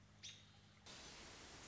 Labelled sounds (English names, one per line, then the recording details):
American Robin
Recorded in Sonoma County, California